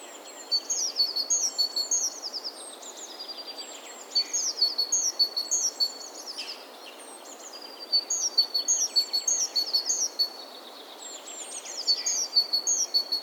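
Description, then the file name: Great tit calling in repeated bouts of quick, bright high notes layered on a sustained thin tone, several bursts with brief gaps between, over soft background noise. "Parus major"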